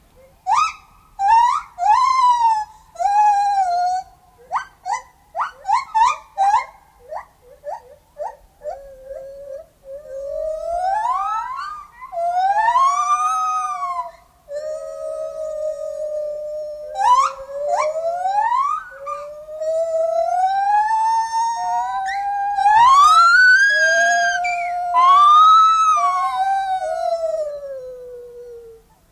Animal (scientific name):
Hylobates lar